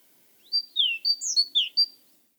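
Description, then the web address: Great tit singing a brisk run of whistled two-part phrases, high notes alternating with lower descending slurs, several notes in quick succession. "Aktivitetsbanken. Fuglelyder Kjøttmeis"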